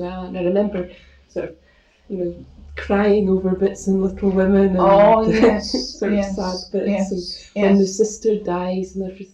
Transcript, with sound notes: And I remember sort of, you know, crying over bits in 'Little Women' and [laughs] the sort of sad bits.
Oh yes, yes.
And when the sister dies and everything.